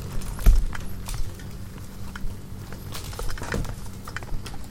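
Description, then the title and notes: Insects give scattered taps and ticks, with one heavy thump early on and a low hum underneath. Hundreds of bugs frantically congregating around the only light at night, a porch bulb on a savannah wildlife ranch at Mmabolela, South Africa, November 2016; mix of six mics including miniature omnis; Zoom F8. "One Lightbulb. Hundreds of bugs are frantically congregating around the sole light source present at night, a bulb hanging on the porch of a wildlife ranch in South Africa. Angélica Castelló"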